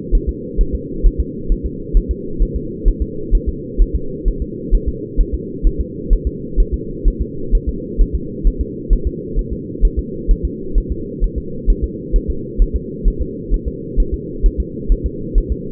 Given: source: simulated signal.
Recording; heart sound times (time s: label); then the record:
fetal heart sounds
0.15 s: S1
0.29 s: S2
0.61 s: S1
0.75 s: S2
1.06 s: S1
1.20 s: S2
1.52 s: S1
1.66 s: S2
1.97 s: S1
2.11 s: S2
2.43 s: S1
2.56 s: S2
2.88 s: S1
3.02 s: S2
3.35 s: S1
3.49 s: S2
3.81 s: S1
3.95 s: S2
4.28 s: S1
4.42 s: S2
4.75 s: S1
4.88 s: S2
5.21 s: S1
5.34 s: S2
5.67 s: S1
5.81 s: S2
6.13 s: S1
6.27 s: S2
6.60 s: S1
6.74 s: S2
7.08 s: S1
7.21 s: S2
7.55 s: S1
7.69 s: S2
8.01 s: S1
8.15 s: S2
8.47 s: S1
8.61 s: S2
8.93 s: S1
9.07 s: S2
9.39 s: S1
9.53 s: S2
9.85 s: S1
9.99 s: S2
10.31 s: S1
10.45 s: S2
10.78 s: S1
10.92 s: S2
11.24 s: S1
11.38 s: S2
11.70 s: S1
11.84 s: S2
12.16 s: S1
12.30 s: S2
12.62 s: S1
12.76 s: S2
13.08 s: S1
13.22 s: S2
13.54 s: S1
13.68 s: S2
14.00 s: S1
14.14 s: S2
14.46 s: S1
14.60 s: S2
14.92 s: S1
15.06 s: S2
15.38 s: S1
15.52 s: S2
From the record:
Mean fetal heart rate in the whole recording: 130 bpm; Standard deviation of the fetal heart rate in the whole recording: 4 bpm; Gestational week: 38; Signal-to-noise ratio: -4.3 dB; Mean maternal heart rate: 72 bpm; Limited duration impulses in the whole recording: absent